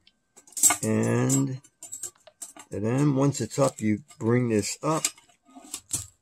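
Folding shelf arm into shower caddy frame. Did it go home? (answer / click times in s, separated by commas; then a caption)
yes / 5.7 s, 5.9 s. Someone talks while a folding stainless steel shelf arm on a shower caddy organizer is raised into position against the caddy frame. Two short metallic clicks at 5.7 s and 5.9 s mark the arm locking into place, and the shelf is seated.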